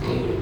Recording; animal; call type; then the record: contact call of a hoofed animal; pig; closed-mouth grunt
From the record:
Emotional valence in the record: positive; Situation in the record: food and toys in familiar pen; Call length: 0.43 s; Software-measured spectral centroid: 1700 Hz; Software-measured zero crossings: 1110 a second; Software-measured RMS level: -24 dBFS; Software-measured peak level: -13 dBFS